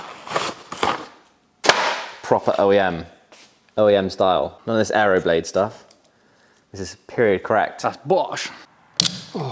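A new OEM-style, period-correct Bosch wiper blade, not an aeroblade, is pushed onto a car's metal wiper arm while someone talks. A sharp plastic click at 9.0 s marks the blade seating on the arm, and the fit is confirmed.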